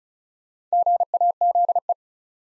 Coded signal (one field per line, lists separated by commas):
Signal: Morse code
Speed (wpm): 35 wpm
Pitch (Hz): 700 Hz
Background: none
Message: GAZE